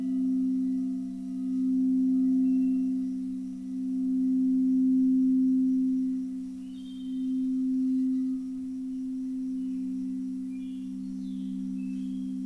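Singing bowls hum with a steady low tone, their sound swelling and fading in slow waves roughly every two seconds. Faint higher overtones ring quietly above, with a few thin bright wisps drifting in after the midpoint.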